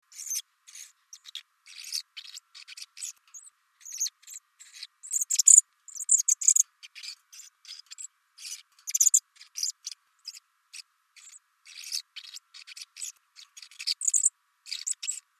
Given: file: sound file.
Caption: The subsong of a deaf sparrow